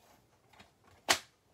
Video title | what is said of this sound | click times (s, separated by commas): Facebook Friday- Hot Dog (recording) | it kind of locks in place when it's down and sometimes it's hard to pull back up | 1.1 s